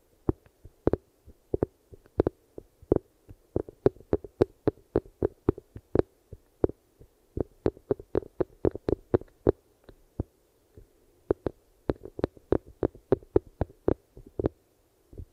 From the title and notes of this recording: ASMR Ear Melting Eardrum Massage for Sleep (No Talking).